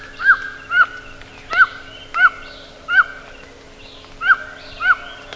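Bird calls: short, arched notes repeated irregularly, with fainter higher calls behind and a steady low hum.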